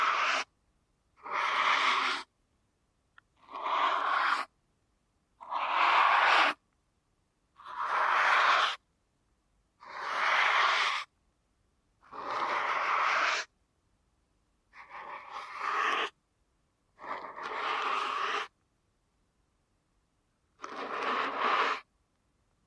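Deep ear canal massage sounds come in short rubbing strokes, each lasting about a second, with near silence between them. Around ten strokes arrive at a fairly regular pace, roughly every two seconds. Each one has a soft, airy, brushing texture.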